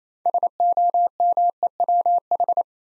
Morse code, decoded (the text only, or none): SOMEWH